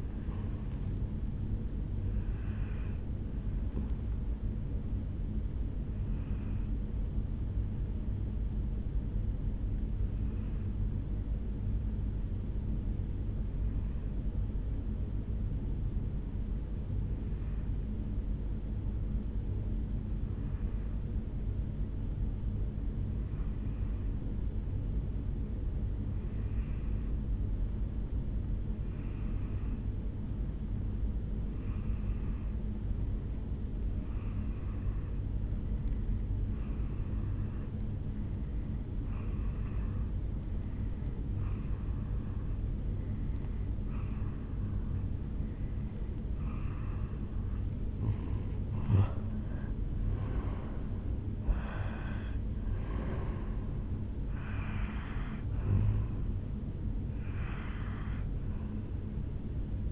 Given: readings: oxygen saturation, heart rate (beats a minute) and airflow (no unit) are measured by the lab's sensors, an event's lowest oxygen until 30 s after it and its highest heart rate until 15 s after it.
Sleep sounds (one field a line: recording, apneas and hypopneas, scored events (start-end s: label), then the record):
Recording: breathing in sleep by a smartphone at the bedside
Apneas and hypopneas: 1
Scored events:
11.00-48.10 s: obstructive apnea (N1, oxygen 97% highest, then 88% lowest, heart rate 57 at the start, 74 highest)
15.00-45.00 s: new sleep stage, N2 (light sleep)
45.00-59.92 s: new sleep stage, N1 (lightest sleep)
From the record:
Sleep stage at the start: N1 (lightest sleep)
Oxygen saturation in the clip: 89 to 97%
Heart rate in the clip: 57 to 74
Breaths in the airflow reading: 6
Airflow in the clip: -8.3 to 4.2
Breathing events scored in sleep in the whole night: 449 in 7.0 hours asleep